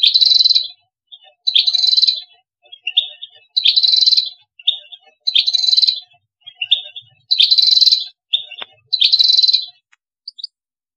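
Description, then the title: European goldfinch song, harsh buzzy phrases repeated with short chirps between. "Chant Chardonneret"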